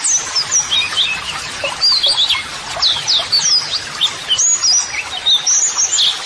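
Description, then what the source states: White-eye song in bursts of thin, high chirps and twitters, with short gaps between phrases. White-eye singing vigorously ('gacor'), used as a model song (masteran) for training.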